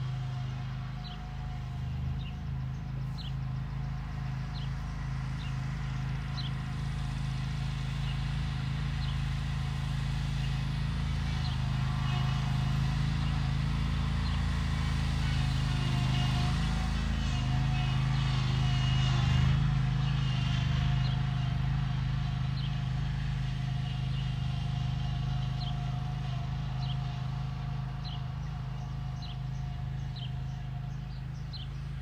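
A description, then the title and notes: A lawn mower drones steadily in the neighborhood, its low engine hum constant for the whole stretch. It swells a little louder around the middle, then eases back, with faint high ticks and chirps scattered above. Neighborhood mower.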